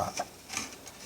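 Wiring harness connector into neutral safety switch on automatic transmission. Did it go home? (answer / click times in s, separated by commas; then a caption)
no / none. A plastic wiring harness connector is handled at the neutral safety switch on the automatic transmission of a 2000 Nissan Frontier, with small plastic ticks and knocks near 0.2, 0.6 and 0.9 seconds. The connector is not yet home and nothing has seated or clicked yet.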